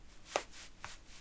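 Two sharp, dry pops about half a second apart, heard close to the hip, the first louder and crisper, the second softer, over quiet room noise. This is audible joint cracking from an adult's hip, made on demand, one of the regular, quite loud pops this hip produces.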